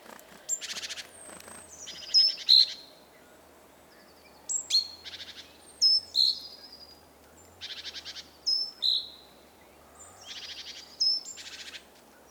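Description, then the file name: Great tit calls, short harsh buzzy rattles repeated in bursts every couple of seconds, mixed with sharp high chips and thin whistled notes. "Parus major"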